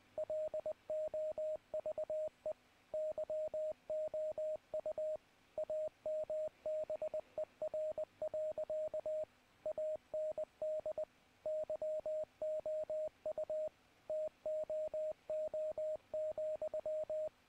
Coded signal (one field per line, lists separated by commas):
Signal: Morse code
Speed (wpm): 20 wpm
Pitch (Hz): 620 Hz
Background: radio noise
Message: LOVE YOU AMBER. AND YOU TOO,